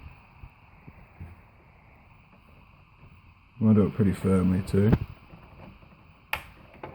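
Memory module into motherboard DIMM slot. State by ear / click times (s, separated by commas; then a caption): seated / 6.3 s. A RAM module is pressed down evenly at both ends into a motherboard DIMM slot while someone talks. After a quiet pause, a sharp click sounds at 6.3 s, followed by a couple of fainter ticks. The memory module is seated and successfully installed.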